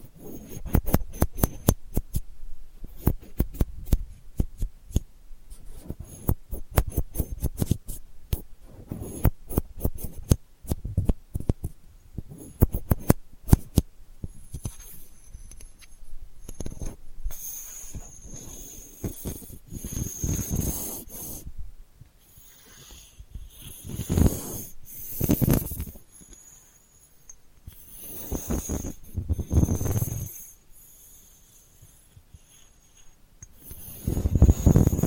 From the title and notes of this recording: ASMR Delicate Scratching for Sleep (No Talking).